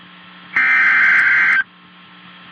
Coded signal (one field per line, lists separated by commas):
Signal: Emergency Alert System (SAME) tones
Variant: header bursts